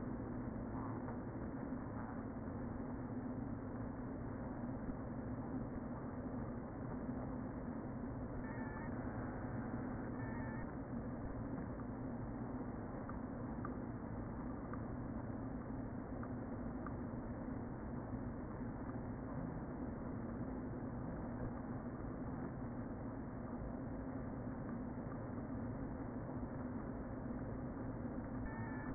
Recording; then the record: honeybee colony, microphone inside the hive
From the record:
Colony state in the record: queen present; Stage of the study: before two queens were removed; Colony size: about 60,000 bees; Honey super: yes